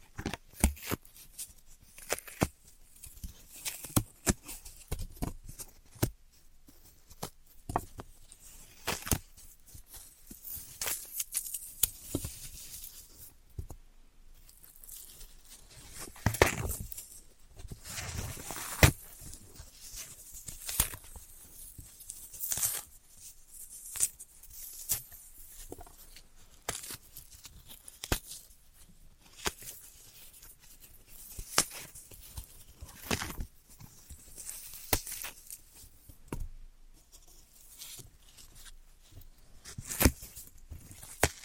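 Floral foam being tapped, cut and crushed, heard as a dense run of short crackling, crumbly clicks and scrapes. The bursts come irregularly and quickly throughout, some louder crunches standing out around 16 to 19 seconds, with brief quieter gaps between.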